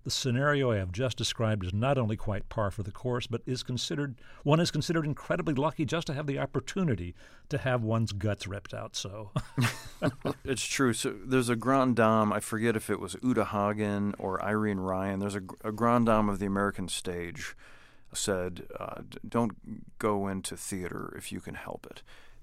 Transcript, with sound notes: The scenario I've just described is not only quite par for the course but is considered - one is considered incredibly lucky just to have the opportunity to have one's guts ripped out. So (laughter).
It's true. There's a grande dame - I forget if it was Uta Hagen or Irene Ryan. There's a grand dame of the American stage said don't go into theater if you can help it.